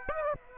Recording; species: mosquito wingbeat signal from an infrared sensor; Aedes aegypti